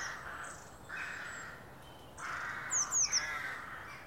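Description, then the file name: Eurasian blue tit: a single quick burst of three high, sharp, descending notes near the end, set against steady lower harsh calling from another bird. "Cyanistes caeruleus"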